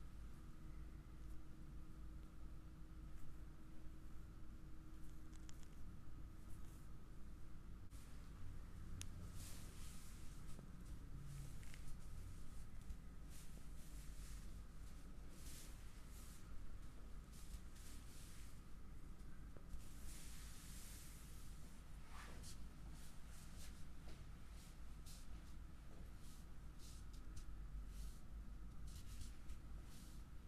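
A neck and back massage, heard as soft rubbing and brushing strokes that come in uneven bursts, strongest around ten seconds and again near twenty. Underneath runs a constant low rumble and a thin steady hum, like a fan or machine.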